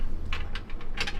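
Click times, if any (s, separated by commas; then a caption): none. A pull-out panel under the electrical panel in the cabinet of a 2022 Sprinter 4x4 van conversion is tugged open and slides out, producing a series of short, bright knocks and rattles around 0.3, 0.6, 0.7 and 0.8 s and a brighter scraping burst near 1.0–1.1 s over a low steady rumble. The panel has not yet locked open; nothing has seated or clicked yet.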